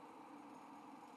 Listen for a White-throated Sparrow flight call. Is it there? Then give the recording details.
no. No flight call is heard. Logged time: 02:06 on 5 December 2014